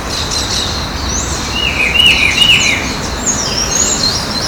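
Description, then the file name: Rufous-browed peppershrike song, a brief warbled phrase of slurred whistles near the middle, over constant background noise. Recorded at Ibirapuera Park, São Paulo, Brazil. "Cyclarhis-gujanensis-Ibirapuera Park-SP-Brazil-30-10-12-ASilveira"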